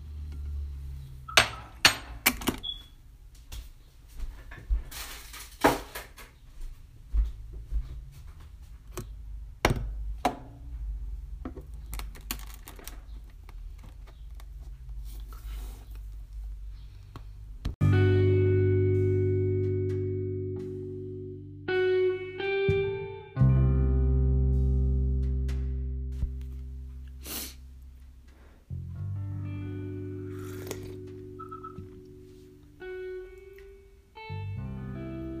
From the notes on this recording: I make a egg sandwich and a cup of tea